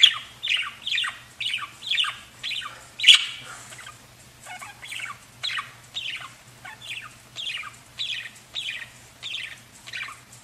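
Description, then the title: Budgerigar calls, a series of short descending chirps, with a faint low hum behind. "Budgie Sounds"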